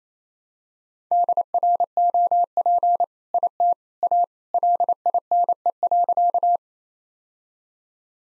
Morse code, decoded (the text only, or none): DROP IT A LINE.